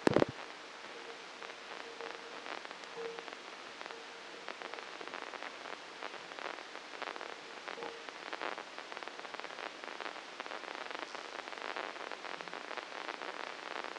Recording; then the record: brain microelectrode recording played as sound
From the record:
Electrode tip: inside the subthalamic nucleus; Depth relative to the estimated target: -4 mm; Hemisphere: left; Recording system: NeuroSet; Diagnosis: Parkinson's disease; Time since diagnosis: 9 years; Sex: female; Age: 51 years